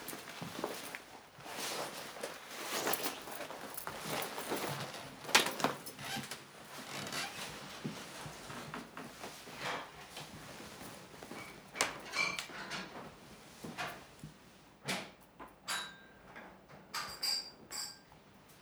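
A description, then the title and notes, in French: A woman undresses in silence: soft rustles of clothing come in irregular bursts throughout, with a sharper tap near five seconds. Toward the end, a few brief squeaky slides stand out, with no voices or music. Elle se déshabille pour lui. Sans un mot, sans musique.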